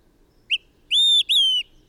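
Bird singing a brief phrase of one short note followed by two longer pure whistles that drop slightly in pitch, with nothing else audible.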